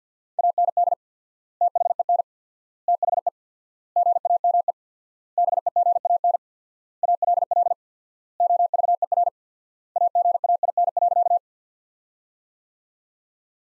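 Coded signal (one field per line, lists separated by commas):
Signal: Morse code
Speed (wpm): 50 wpm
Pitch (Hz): 700 Hz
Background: none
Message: AND THEN THE GAME BEGAN ALL OVER AGAIN.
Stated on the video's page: Morse practice sentences from the top 500 words at 50 wpm with 4x word spacing, a word-based approach analogous to the Farnsworth method.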